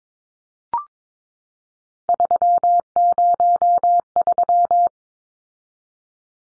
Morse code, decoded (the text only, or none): 303